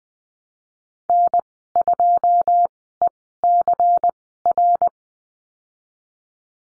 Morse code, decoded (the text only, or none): N2ECR